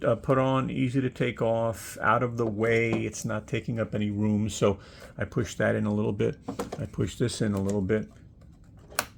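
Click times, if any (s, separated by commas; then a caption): 9.0 s. A battery cable connector is pushed a little at a time onto a power station while someone talks. After the talking stops, faint handling noises are followed by a sharp click at 9.0 s as the connector seats and the cable is on.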